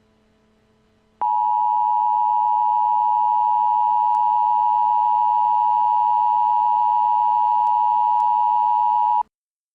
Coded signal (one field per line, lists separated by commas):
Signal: Emergency Alert System (SAME) tones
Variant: 853 and 960 Hz attention tone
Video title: EAS Scenarios:The Birds